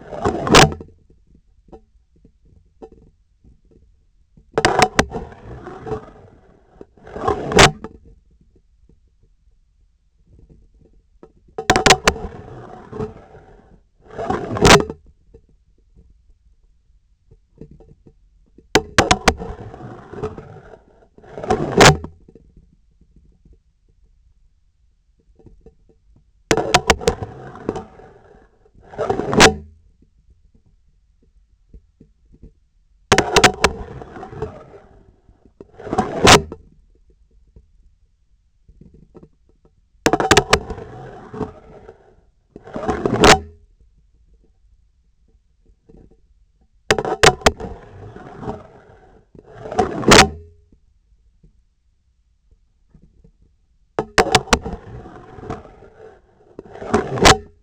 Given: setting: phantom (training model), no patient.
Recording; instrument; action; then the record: laparoscopic instrument, vibration sensor on the handle end; scissors; insertion and removal through the trocar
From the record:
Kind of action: spatial motion